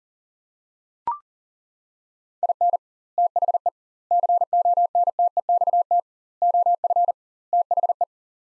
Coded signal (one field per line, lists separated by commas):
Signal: Morse code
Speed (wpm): 40 wpm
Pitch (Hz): 700 Hz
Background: none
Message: IN THE CONTEXT OF THE